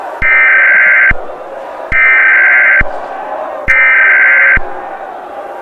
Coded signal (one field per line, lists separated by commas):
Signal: Emergency Alert System (SAME) tones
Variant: header bursts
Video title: EAS Mock: Post Greek-Roman Godly War Riots